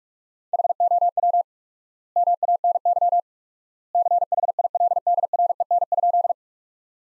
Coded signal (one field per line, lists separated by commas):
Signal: Morse code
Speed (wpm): 46 wpm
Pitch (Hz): 700 Hz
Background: none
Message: HOW MANY CHILDREN?